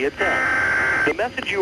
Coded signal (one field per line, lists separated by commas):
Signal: Emergency Alert System (SAME) tones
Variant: header bursts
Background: speech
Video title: 2011 National EAS Test Explained